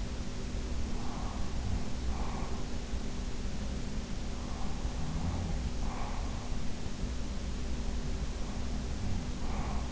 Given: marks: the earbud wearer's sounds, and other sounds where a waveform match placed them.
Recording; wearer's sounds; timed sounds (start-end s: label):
sounds in sleep by an in-ear microphone; breath
0.95-1.68 s: breath
2.06-2.92 s: breath
4.86-6.40 s: sound from someone else or the room
5.73-6.40 s: breath
7.91-9.92 s: breath
9.20-9.92 s: sound from someone else or the room